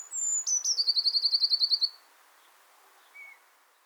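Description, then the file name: Eurasian blue tit call: thin high notes sliding down, then a rapid buzzy churring trill of about a dozen even pulses, with one faint short note after. "Cyanistes caeruleus"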